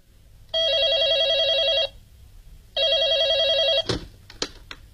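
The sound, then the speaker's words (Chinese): A telephone rings twice with a loud, warbling electronic trill, each ring lasting over a second, followed by a few sharp clicks and knocks as the ringing stops. “快给酒店挂电话吧。”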